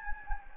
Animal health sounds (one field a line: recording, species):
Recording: mosquito wingbeat signal from an infrared sensor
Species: Anopheles gambiae